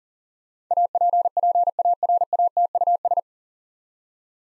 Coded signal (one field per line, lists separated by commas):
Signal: Morse code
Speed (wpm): 40 wpm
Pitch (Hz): 700 Hz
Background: none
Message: APPARATUS